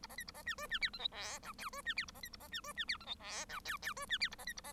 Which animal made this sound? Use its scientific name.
Lonchura striata domestica